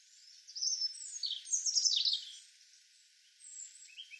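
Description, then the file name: European robin singing one tumbling phrase of high, sweet whistles and quick twittering notes, then a faint softer fragment after a brief pause. "Erithacus rubecula"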